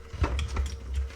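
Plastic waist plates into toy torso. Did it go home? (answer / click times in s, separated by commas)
no / none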